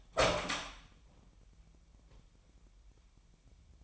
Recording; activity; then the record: daily activity, microphone in the room; open door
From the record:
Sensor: 1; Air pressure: 998.5 hPa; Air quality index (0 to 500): 132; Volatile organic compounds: 4 ppm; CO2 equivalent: 1576 ppm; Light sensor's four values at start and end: 19/62/25/25 and 19/62/25/25